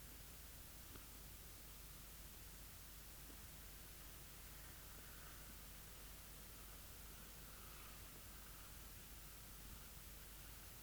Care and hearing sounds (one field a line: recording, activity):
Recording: daily activity, guitar pickup as the sensor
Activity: eat